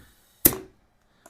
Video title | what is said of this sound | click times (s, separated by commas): Venom Ghost Chopper, new tires installation | and a lot of times these tires are so tight on the rim they'll just seat right on there you hear it pop on | 0.5 s